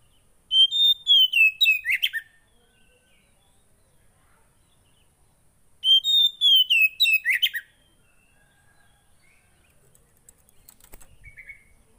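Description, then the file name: Oriental magpie-robin song: two near-identical phrases about five seconds apart, each a descending series of clear whistles ending in a burst of harsh notes. Kacer song that makes a caged kacer agitated. "Burung kacer anda langsung emosi dengar ini"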